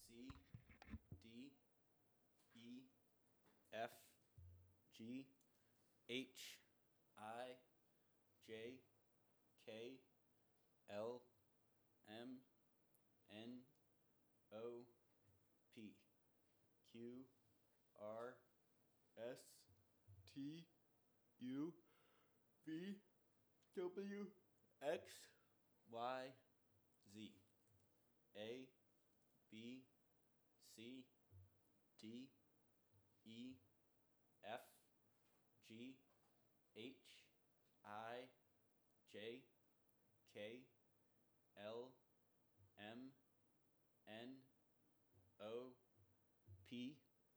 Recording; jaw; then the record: letters of the alphabet, spoken; free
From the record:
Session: first day, before the bite bar